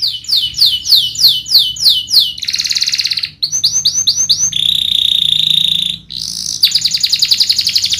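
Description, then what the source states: Domestic canary song moving through distinct phrases: rising slurred notes repeated about three per second, then a buzzy rattle, quick chips and sustained bright trills. Canary singing gacor, with cengkok phrasing and isian song fills; kicaumania songbird hobby.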